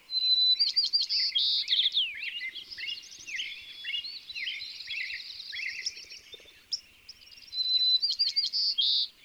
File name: White-crowned Sparrow